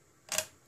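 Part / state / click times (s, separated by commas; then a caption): laptop memory module into motherboard slot / seated / 0.3 s, 0.4 s. A second SO-DIMM memory module in a Dell Inspiron 1525 laptop is pressed down evenly from the center into its motherboard slot until the retaining clips catch. After a quiet start, a sharp double click sounds at 0.3 and 0.4 seconds and fades quickly. The module is seated.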